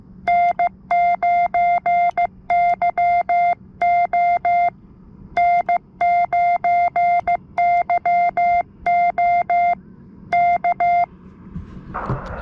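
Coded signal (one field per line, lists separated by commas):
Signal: Morse code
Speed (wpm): 15 wpm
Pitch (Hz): 700 Hz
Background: none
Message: N9YO N9YO K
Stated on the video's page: QRP ham signal received on a telescoping 17-foot stainless steel whip antenna, set up at a lakeside.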